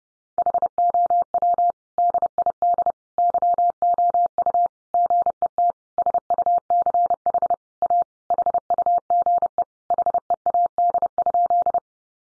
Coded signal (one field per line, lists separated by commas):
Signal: Morse code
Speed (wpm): 28 wpm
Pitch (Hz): 700 Hz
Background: none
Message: HOW DID YOU GET SUCH A HUGE HEAD?